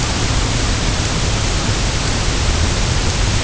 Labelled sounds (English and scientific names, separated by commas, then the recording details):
none
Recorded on Arctic tundra, site UTQI-0, on 23 June 2018
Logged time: 06:00